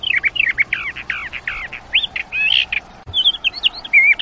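Bird song, rapid looping whistled notes repeated in a fast series, then a brief pause and higher twittering phrases.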